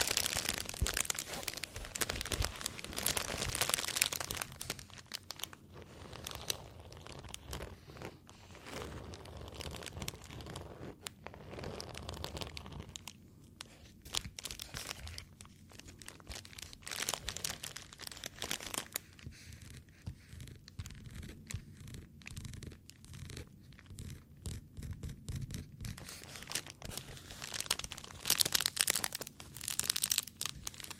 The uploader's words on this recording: Tapping, Foam, Scratching, NO TALKING.